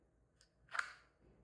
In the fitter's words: You hear that? That's a positive click. I love hearing that.